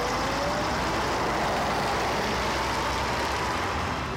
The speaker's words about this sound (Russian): Едет в автобусе.